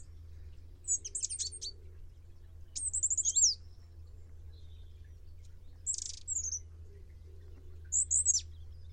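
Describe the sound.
Bird calls in four brief bursts of very high, sharp chirping notes spaced a few seconds apart, over a steady low hum.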